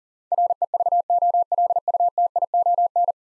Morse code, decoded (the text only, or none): REVOLUTION